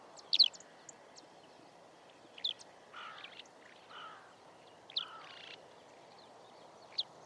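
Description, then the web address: Eurasian skylark giving short, sharp high chirps at irregular intervals, with softer lower-pitched notes in between, over a steady background hiss. "Deverinetal"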